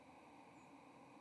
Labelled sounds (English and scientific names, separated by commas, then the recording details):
White-throated Sparrow (Zonotrichia albicollis) flight call
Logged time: 10:31 on 30 October 2014